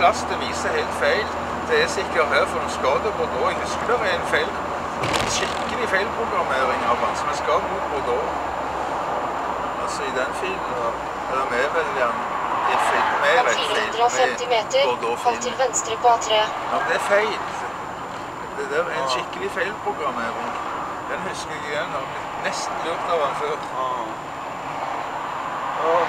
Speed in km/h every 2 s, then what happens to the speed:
71, 70, 67, 65, 59, 53, 43, 40, 39, 37, 35, 33, 30.
0-26 slows to 30.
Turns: none.